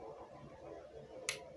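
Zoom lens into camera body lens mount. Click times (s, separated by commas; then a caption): 1.3 s. A zoom kit lens is lined up by its white marks and twisted onto the bayonet lens mount of a Canon EOS 4000D (T100) camera body. A low, steady background hum runs throughout until a single sharp, bright click at 1.3 s shows the lens has locked onto the mount and is connected.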